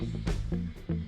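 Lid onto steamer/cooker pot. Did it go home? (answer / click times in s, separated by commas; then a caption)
yes / 0.3 s. The lid of a steamer/cooker is fitted into place over puto after the sides are tucked in, and it clicks shut at 0.3 s. Background music plays throughout, with another short sound at 0.5 s. The lid is seated.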